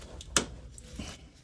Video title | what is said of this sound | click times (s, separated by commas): P20E8 code 2017 Chevy 2500/3500 Duramax what it means diagnosing & how to fix the problem | When plugging in that wiring harness, you should hear the little click of the detent on that, just like we did on the hose. | 0.4 s